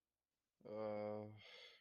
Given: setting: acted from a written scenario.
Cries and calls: vocal sound without words; shame

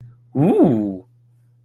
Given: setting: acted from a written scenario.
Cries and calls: vocal sound without words; positive surprise

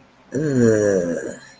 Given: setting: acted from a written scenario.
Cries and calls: vocal sound without words; negative surprise

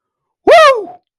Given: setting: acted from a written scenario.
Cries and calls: vocal sound without words; triumph

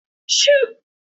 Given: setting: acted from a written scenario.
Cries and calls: vocal sound without words; guilt

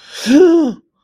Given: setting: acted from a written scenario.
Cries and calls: vocal sound without words; distress

